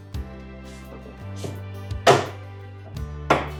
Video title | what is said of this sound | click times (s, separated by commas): This Old Bird: Episode 2 - Replacing the Hood and Hatch Support Arms | Then you could hear the bottom one click in and it's retained. | 2.1 s, 3.3 s